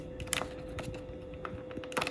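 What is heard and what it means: A wire-harness plug is pushed into the socket on a TV wifi module, giving a sharp click at 0.3 s and then several small taps around 1.5 s and 2.0 s over a faint steady hum. The plug is stubborn and only partly seated, still slightly raised, so it needs further pushing.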